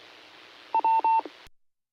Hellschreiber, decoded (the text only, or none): none